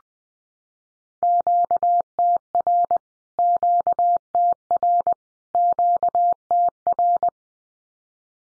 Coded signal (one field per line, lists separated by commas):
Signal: Morse code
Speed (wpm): 20 wpm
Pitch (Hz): 700 Hz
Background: none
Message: QTR QTR QTR